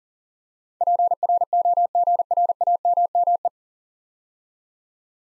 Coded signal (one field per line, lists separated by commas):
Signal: Morse code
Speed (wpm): 37 wpm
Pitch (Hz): 700 Hz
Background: none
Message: PROGRAMME